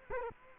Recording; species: mosquito wingbeat signal from an infrared sensor; Culex quinquefasciatus